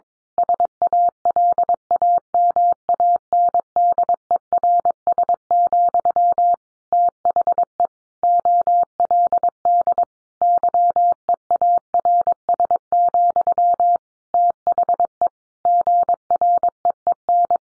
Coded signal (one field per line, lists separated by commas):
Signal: Morse code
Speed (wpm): 22 wpm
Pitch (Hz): 700 Hz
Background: none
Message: SALAMANDERS, THE OLD YEARS, THE GREEN